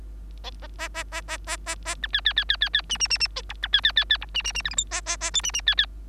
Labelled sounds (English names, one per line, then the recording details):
Bengalese Finch song
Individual Bird3